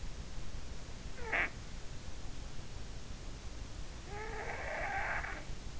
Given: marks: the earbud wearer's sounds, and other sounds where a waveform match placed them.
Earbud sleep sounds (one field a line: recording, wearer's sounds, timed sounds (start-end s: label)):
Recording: sounds in sleep by an in-ear microphone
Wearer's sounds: snoring breath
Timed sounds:
1.19-1.59 s: snoring breath
3.76-5.70 s: snoring breath